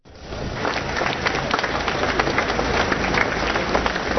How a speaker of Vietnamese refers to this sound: Nhiều người đã vỗ tay khi xe tang đi ngang qua đám đông dân chúng, mà trong số đó có nhiều người mặc đồ đen.